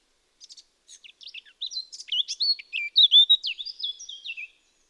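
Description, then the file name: Eurasian blackcap singing: soft scattered high chips build into a scratchy warble, ending in a louder run of rich, flute-like whistled notes. "Sylvia atricapilla"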